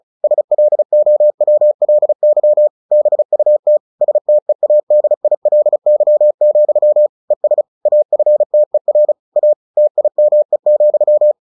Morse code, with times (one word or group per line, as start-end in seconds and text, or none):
0.2-2.7 SLOWLY
2.9-3.8 BUT
4.0-7.1 STEADILY,
7.3-7.6 ES
7.9-9.1 AFTER
9.4-9.5 A
9.8-11.3 TIME,